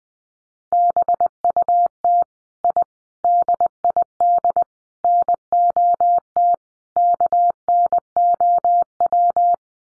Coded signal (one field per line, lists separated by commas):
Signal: Morse code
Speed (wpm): 19 wpm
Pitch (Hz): 700 Hz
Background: none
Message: BUT I DID NOT KNOW